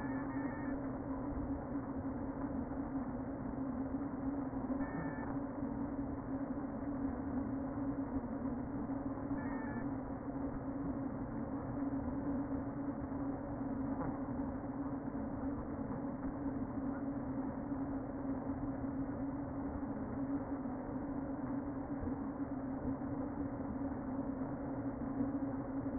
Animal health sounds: honeybee colony, microphone inside the hive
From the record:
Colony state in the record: queen present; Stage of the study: before two queens were removed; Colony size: about 60,000 bees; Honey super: yes

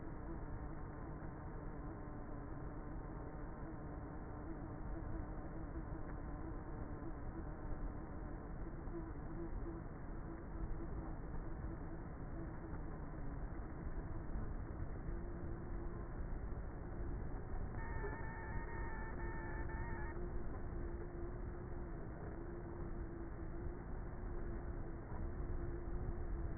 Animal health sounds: honeybee colony, microphone inside the hive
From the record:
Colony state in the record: queenless with a low population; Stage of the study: before two queens were removed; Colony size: about 30,000 bees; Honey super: no

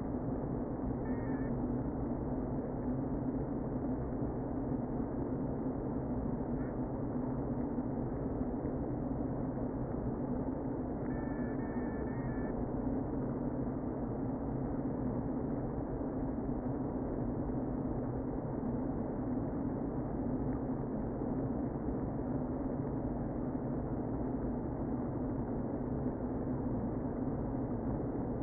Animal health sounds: honeybee colony, microphone inside the hive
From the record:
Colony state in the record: queen present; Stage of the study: before two queens were removed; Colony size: about 60,000 bees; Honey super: yes

